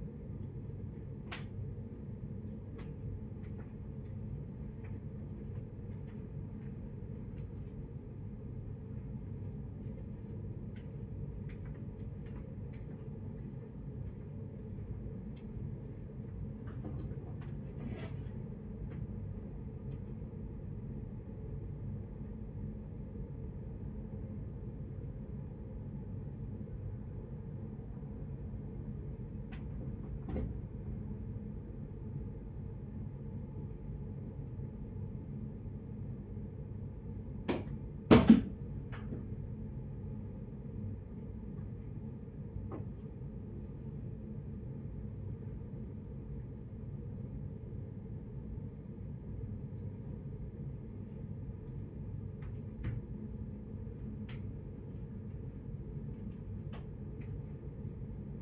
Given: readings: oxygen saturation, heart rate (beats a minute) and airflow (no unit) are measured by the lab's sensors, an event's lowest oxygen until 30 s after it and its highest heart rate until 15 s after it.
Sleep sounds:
a person awake in a sleep study, by a smartphone at the bedside; none
0.00-58.42 s: awake
0.00-58.42 s: awake
From the record:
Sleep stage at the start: awake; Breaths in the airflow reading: 19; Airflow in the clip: -0.6 to 0.7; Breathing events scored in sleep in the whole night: 496 in 5.4 hours asleep

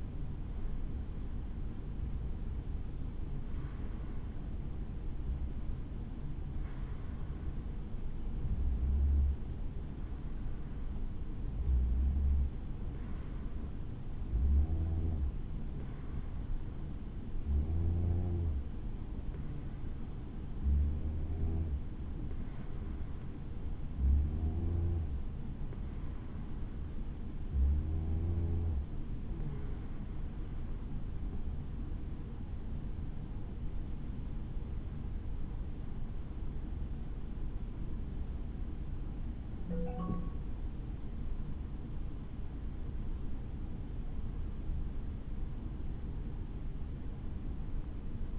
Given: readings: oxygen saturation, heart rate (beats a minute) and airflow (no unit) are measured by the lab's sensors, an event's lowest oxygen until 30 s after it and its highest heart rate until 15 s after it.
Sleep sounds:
breathing in sleep by a smartphone at the bedside; 1
4.00-30.90 s: hypopnea (N2, oxygen 93% highest, then 91% lowest, heart rate 67 at the start, 72 highest)
40.00-48.39 s: new sleep stage, N1 (lightest sleep)
From the record:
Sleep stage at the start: N2 (light sleep); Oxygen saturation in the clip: 91 to 93%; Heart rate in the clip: 64 to 72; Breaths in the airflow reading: 15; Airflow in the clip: -6.8 to 7.5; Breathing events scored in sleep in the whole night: 216 in 7.0 hours asleep

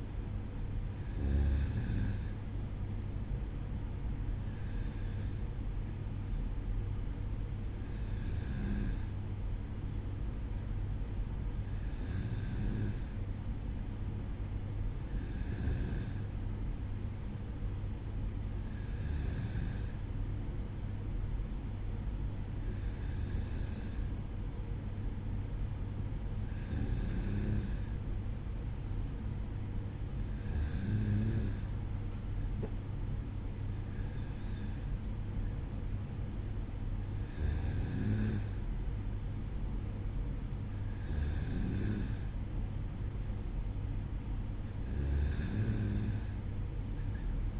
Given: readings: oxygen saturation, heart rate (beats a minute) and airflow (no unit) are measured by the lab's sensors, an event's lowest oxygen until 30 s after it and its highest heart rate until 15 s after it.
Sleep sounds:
breathing in sleep by a smartphone at the bedside; none
none scored
From the record:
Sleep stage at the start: N2 (light sleep); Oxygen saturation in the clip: 94%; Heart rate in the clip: 55 to 57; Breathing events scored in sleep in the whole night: 305 in 9.6 hours asleep

